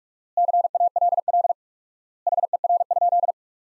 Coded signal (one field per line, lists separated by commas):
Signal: Morse code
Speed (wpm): 41 wpm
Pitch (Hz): 700 Hz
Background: none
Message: CALL HER?